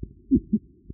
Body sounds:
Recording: neck accelerometer signal played as sound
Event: voluntary cough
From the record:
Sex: female

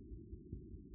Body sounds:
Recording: neck accelerometer signal played as sound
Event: no cough (speech, laughter, throat clearing or background)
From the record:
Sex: male

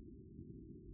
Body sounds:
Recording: neck accelerometer signal played as sound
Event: no cough (speech, laughter, throat clearing or background)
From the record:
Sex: male

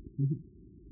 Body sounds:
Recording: neck accelerometer signal played as sound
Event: no cough (speech, laughter, throat clearing or background)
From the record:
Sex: male

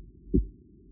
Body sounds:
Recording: neck accelerometer signal played as sound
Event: voluntary cough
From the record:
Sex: female

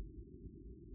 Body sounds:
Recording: neck accelerometer signal played as sound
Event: no cough (speech, laughter, throat clearing or background)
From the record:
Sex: female

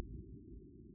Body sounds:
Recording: neck accelerometer signal played as sound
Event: no cough (speech, laughter, throat clearing or background)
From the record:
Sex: male

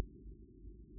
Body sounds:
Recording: neck accelerometer signal played as sound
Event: no cough (speech, laughter, throat clearing or background)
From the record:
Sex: male

